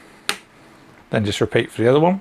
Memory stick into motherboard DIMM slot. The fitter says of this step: so we'll just line up the notch into the groove and then push down to we get a click on either side